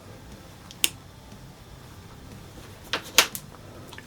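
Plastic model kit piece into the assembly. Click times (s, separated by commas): 0.8 s, 3.2 s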